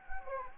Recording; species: mosquito wingbeat signal from an infrared sensor; Anopheles gambiae